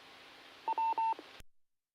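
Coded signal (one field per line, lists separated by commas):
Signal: none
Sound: repeater courtesy tone beeps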